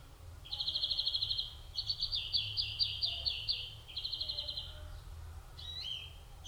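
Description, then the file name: European greenfinch song: long runs of fast, ringing trills, then a few shorter notes, over a steady low background hum. "Chloris chloris"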